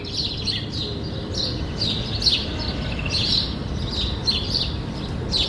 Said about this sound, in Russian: Дело в том, что прямо напротив моего стола, стена другого дома, там висит кондиционер. Ну, знаешь, такая уродливая коробка, которая везде на домах. Я заметил, что туда постоянно залетают воробьи и пищат.